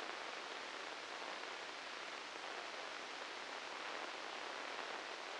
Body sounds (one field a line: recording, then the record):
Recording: brain microelectrode recording played as sound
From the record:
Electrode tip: inside the subthalamic nucleus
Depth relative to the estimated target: 1 mm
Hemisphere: left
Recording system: NeuroSet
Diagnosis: Parkinson's disease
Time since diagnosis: 8 years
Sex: male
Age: 37 years